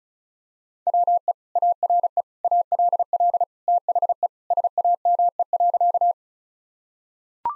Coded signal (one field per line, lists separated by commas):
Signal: Morse code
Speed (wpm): 34 wpm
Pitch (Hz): 700 Hz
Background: none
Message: WE ARE ALL THE SAME.